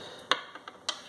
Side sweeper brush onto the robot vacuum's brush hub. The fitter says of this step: that's these here they just snap right in there so